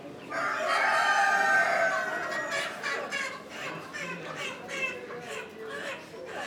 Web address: Morocco sound library by Faunethic Market for chicken hen and bird outdoor, voices and activity